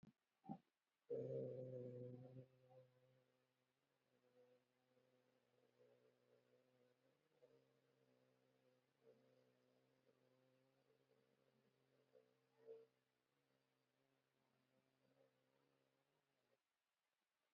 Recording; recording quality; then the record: sustained vowel as in made; moderate, slight background noise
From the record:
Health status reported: COVID-19 positive, moderate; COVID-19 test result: positive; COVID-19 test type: RT-PCR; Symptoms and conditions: cold, breathing difficulty, sore throat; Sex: male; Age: 53 years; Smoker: no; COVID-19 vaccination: one dose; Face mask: worn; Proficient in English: yes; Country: India